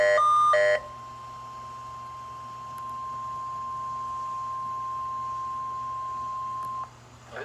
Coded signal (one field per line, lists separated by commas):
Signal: Emergency Alert System (SAME) tones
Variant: 1050 Hz attention tone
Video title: Required Weekly Test (3/26/2025) (EAS #147)